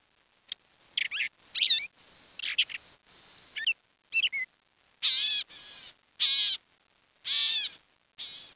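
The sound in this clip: Bird song of varied whistled and warbled phrases, sliding up and down, separated by short harsh, noisy bursts repeated roughly once a second in the later part.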